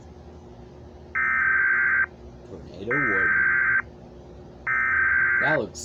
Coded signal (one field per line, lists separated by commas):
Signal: Emergency Alert System (SAME) tones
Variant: header bursts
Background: speech